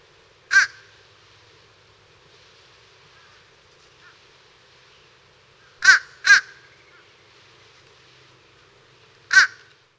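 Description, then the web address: Fish Crow giving brief nasal caws, a single note, then a quick pair, then another single note, spaced irregularly over ten seconds. "Peterson North American Birds iso sound ficr"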